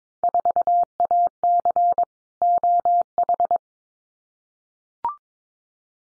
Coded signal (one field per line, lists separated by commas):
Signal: Morse code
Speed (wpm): 22 wpm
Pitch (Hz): 700 Hz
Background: none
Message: 4AC OH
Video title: Field Day Exchange Encore 22wpm